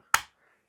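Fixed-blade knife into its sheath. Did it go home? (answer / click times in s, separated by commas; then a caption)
yes / 0.1 s. A QSP Bison (model QS134A/B/C) fixed-blade hunting/survival knife is pushed back into its sheath and snaps into the sheath's retention with a single sharp click at 0.1 s, followed by a short decay and near silence. The knife is seated and held firmly, the click marking good retention.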